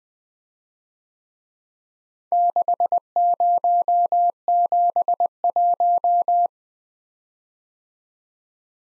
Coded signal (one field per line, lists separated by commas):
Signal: Morse code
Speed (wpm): 20 wpm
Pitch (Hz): 700 Hz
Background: none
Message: 6071